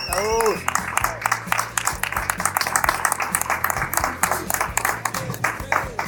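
A crowd in Madrid bursts into sustained applause as a rock band is introduced, dense overlapping claps at a steady loud level for several seconds, with cheers and shouts mixed in and a brief rising whistle near the start.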